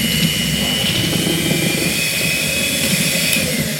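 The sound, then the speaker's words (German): An electric hand mixer with whisks runs steadily at a table, mixing a milky mixture, a loud continuous motor whir with a thin high whine over a low rumbling hum, unchanging for the whole few seconds with no voices. “Handrührgerät, Handrührbesen, so ein Pürierstab, der blitzt Dings nicht, oder?”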